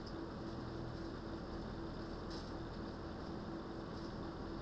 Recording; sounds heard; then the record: poultry house recording; no chicken sound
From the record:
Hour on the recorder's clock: 20